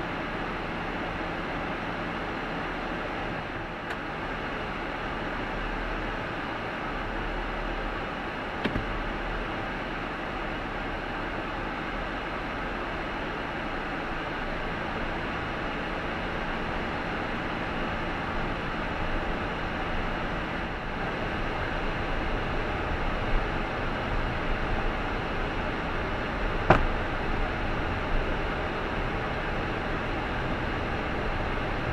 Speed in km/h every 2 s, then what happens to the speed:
2, 1, 1, 1, 0, 2, 6, 9, 13, 19, 21, 24, 28, 30, 29, 26.
0-10 standing. 10-27 pulls away to 30.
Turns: 12-15.